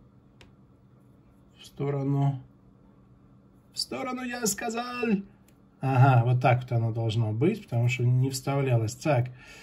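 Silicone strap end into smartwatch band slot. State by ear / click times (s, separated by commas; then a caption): seated / 0.4 s. The second end of a silicone strap for an Apple Watch SE is slid sideways into the watch body's band slot, the same way as the first side. A single short click is heard at 0.4 s, and the strap end seats in the slot. Someone talks afterward.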